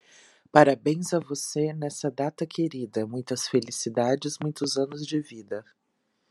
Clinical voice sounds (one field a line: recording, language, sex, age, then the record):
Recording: short text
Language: Brazilian Portuguese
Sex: female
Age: 40 to 49 years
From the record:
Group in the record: control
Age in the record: 40 years